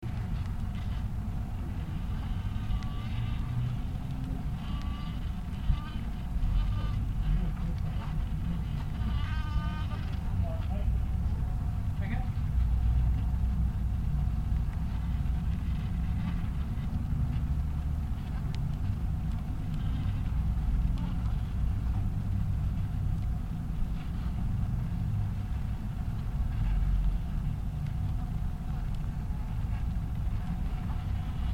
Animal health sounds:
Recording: honeybee colony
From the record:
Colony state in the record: queen hatching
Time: day

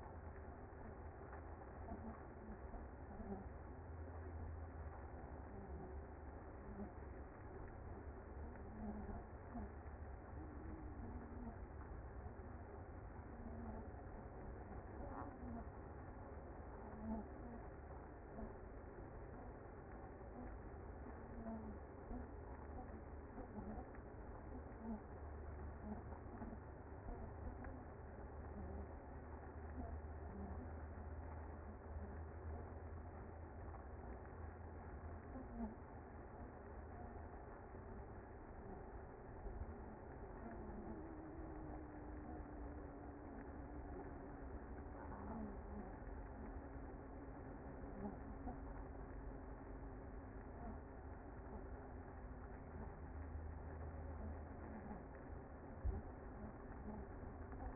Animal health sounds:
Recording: honeybee colony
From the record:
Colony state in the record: active

